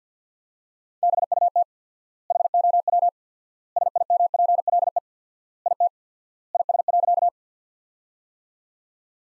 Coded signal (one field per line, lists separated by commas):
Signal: Morse code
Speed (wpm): 50 wpm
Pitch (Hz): 700 Hz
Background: none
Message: BUT HOW SIMPLE IT IS.